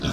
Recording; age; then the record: pig call; growing-finishing pig (85 days or more)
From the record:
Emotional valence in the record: positive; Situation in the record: run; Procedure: transit